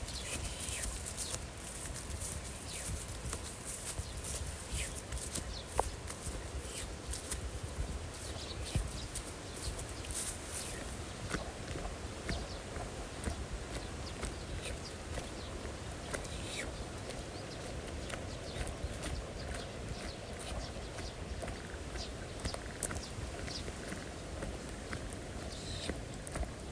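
Water stirs and splashes steadily in a flooded rice paddy, a dense, continuous patter of small sloshing sounds throughout. Sparrows chirp busily on top in quick, bright bursts, with scattered sharper clicks and knocks at irregular moments.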